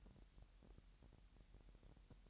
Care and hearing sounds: daily activity, microphone in the room; take from stove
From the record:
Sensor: 3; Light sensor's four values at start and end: 6/14/6/6 and 6/14/6/6

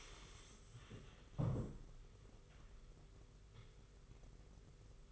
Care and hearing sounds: daily activity, microphone in the room; stand up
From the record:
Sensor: 4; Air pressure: 991.4 hPa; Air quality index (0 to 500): 139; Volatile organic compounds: 59 ppm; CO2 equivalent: 3411 ppm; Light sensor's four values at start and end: 23/76/28/29 and 23/76/28/29

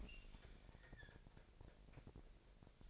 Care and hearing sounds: daily activity, microphone in the room; open fridge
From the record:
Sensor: 5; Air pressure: 1002.0 hPa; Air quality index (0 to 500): 217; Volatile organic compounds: 24 ppm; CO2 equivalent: 2821 ppm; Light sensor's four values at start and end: 9/22/9/10 and 10/24/10/11

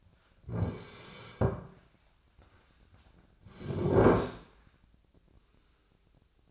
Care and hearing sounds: daily activity, microphone in the room; sit down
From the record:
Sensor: 2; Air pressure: 1009.1 hPa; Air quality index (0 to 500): 174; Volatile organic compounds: 2 ppm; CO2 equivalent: 1266 ppm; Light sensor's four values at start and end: 38/101/43/46 and 34/90/38/41

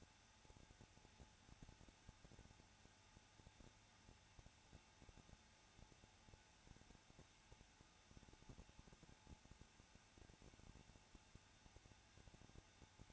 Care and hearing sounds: daily activity, microphone in the room; no activity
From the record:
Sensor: 2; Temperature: 21.0 degrees Celsius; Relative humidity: 34.2%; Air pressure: 994.4 hPa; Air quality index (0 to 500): 171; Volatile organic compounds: 3 ppm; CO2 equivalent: 1331 ppm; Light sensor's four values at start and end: 2/3/2/2 and 2/3/2/2

